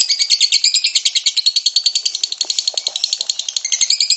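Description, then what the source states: Lovebird song as a continuous rapid high-pitched chatter, with a few faint lower clicks in the middle before the shrill run carries on. Lovebird ngekek song, described as long and used as a bait song (kicau pancingan) to prompt other lovebirds to sing.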